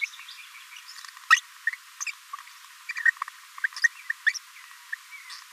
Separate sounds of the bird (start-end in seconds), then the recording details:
0.01-0.05, 1.30-1.36, 3.64-3.66, 4.09-4.12, 4.26-4.32, 4.92-4.94. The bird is a female. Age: 26 days. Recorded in a nest box in Venezuela. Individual 17B42A2